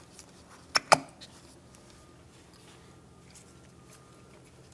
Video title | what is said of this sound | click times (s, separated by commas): How to Replace Rear Brakes 2011-2021 Jeep Grand Cherokee | those three Clips as you know will slide up inside the Piston of the caliper press it in listen for a click make sure it's secure | 0.9 s